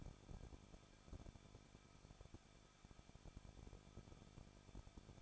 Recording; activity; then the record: daily activity, microphone in the room; no activity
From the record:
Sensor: 5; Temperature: 20.9 degrees Celsius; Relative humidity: 38.2%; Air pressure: 1006.4 hPa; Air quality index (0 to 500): 187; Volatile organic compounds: 18 ppm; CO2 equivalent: 2622 ppm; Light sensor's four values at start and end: 2/3/1/1 and 2/3/1/1